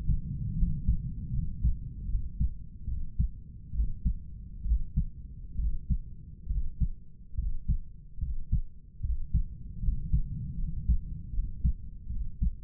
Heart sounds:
heart sounds by stethoscope; 73 bpm
0.58 s: heartbeat
1.33 s: heartbeat
2.09 s: heartbeat
2.88 s: heartbeat
3.74 s: heartbeat
4.65 s: heartbeat
5.59 s: heartbeat
6.50 s: heartbeat
7.38 s: heartbeat
8.21 s: heartbeat
9.03 s: heartbeat
9.83 s: heartbeat
10.58 s: heartbeat
11.33 s: heartbeat
12.10 s: heartbeat
From the record:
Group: healthy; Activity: rest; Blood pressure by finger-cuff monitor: 140/90 mmHg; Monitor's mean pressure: 102 mmHg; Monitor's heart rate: 76 bpm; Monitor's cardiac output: 7.6 L/min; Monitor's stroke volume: 102 mL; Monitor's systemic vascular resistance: 1000 dyn s/cm5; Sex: male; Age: 30 years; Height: 188 cm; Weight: 110.2 kg

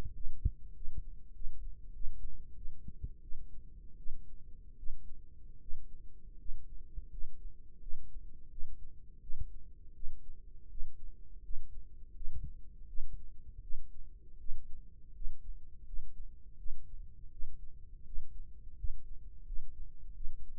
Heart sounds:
heart sounds by microphone in the left ear; 84 bpm
0.14 s: heartbeat
0.75 s: heartbeat
1.35 s: heartbeat
1.94 s: heartbeat
2.56 s: heartbeat
3.22 s: heartbeat
3.98 s: heartbeat
4.78 s: heartbeat
5.60 s: heartbeat
6.38 s: heartbeat
7.10 s: heartbeat
7.80 s: heartbeat
8.50 s: heartbeat
9.21 s: heartbeat
9.94 s: heartbeat
10.69 s: heartbeat
11.43 s: heartbeat
12.14 s: heartbeat
12.87 s: heartbeat
13.62 s: heartbeat
14.39 s: heartbeat
15.14 s: heartbeat
15.86 s: heartbeat
16.58 s: heartbeat
17.31 s: heartbeat
18.05 s: heartbeat
18.77 s: heartbeat
19.46 s: heartbeat
20.14 s: heartbeat
From the record:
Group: healthy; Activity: rest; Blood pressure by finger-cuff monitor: 122/75 mmHg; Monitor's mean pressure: 91 mmHg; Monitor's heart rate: 83 bpm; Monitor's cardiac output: 6.5 L/min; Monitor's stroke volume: 78 mL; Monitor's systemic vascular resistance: 1030 dyn s/cm5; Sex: female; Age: 37 years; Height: 168 cm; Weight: 70 kg

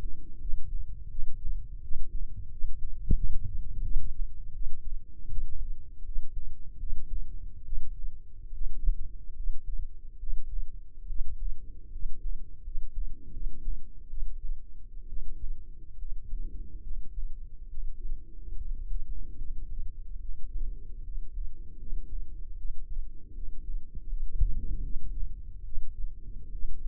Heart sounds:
heart sounds by microphone in the left ear; 76 bpm
0.40 s: heartbeat
1.10 s: heartbeat
1.83 s: heartbeat
2.51 s: heartbeat
3.16 s: heartbeat
3.83 s: heartbeat
4.53 s: heartbeat
5.30 s: heartbeat
6.05 s: heartbeat
6.79 s: heartbeat
7.64 s: heartbeat
8.53 s: heartbeat
9.36 s: heartbeat
10.19 s: heartbeat
11.07 s: heartbeat
11.91 s: heartbeat
12.63 s: heartbeat
13.32 s: heartbeat
14.09 s: heartbeat
15.08 s: heartbeat
15.98 s: heartbeat
16.82 s: heartbeat
17.69 s: heartbeat
18.57 s: heartbeat
19.37 s: heartbeat
20.20 s: heartbeat
21.03 s: heartbeat
21.78 s: heartbeat
22.56 s: heartbeat
23.34 s: heartbeat
24.08 s: heartbeat
24.82 s: heartbeat
25.64 s: heartbeat
26.51 s: heartbeat
From the record:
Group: healthy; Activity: rest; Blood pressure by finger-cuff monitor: 109/72 mmHg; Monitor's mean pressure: 80 mmHg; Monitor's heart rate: 79 bpm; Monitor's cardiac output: 5.8 L/min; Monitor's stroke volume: 78 mL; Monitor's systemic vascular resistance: 980 dyn s/cm5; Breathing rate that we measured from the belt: 20 breaths a minute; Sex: male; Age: 21 years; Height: 170 cm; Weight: 71 kg

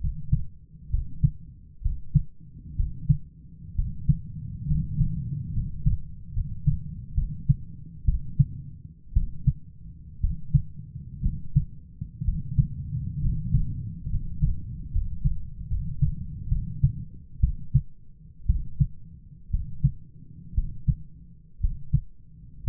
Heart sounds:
heart sounds by stethoscope; 63 bpm
0.90 s: heartbeat
1.81 s: heartbeat
2.75 s: heartbeat
3.75 s: heartbeat
4.66 s: heartbeat
5.52 s: heartbeat
6.33 s: heartbeat
7.14 s: heartbeat
8.05 s: heartbeat
9.13 s: heartbeat
10.20 s: heartbeat
11.22 s: heartbeat
12.24 s: heartbeat
13.21 s: heartbeat
14.09 s: heartbeat
14.90 s: heartbeat
15.67 s: heartbeat
16.48 s: heartbeat
17.40 s: heartbeat
18.46 s: heartbeat
19.50 s: heartbeat
20.54 s: heartbeat
21.60 s: heartbeat
22.63 s: heartbeat
From the record:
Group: healthy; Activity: rest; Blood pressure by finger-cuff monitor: 127/78 mmHg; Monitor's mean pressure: 94 mmHg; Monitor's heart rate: 62 bpm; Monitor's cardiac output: 6.9 L/min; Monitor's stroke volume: 110 mL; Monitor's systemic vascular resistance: 980 dyn s/cm5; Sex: male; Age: 23 years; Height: 178 cm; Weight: 96.6 kg

